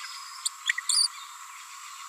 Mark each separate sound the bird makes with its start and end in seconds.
0.45-0.48, 0.69-0.71, 0.89-1.07